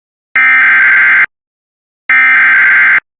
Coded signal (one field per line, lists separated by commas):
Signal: Emergency Alert System (SAME) tones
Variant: header bursts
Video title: OK SVR EAS #161